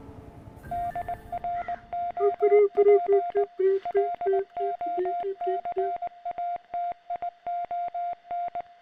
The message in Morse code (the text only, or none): DROP LOCATION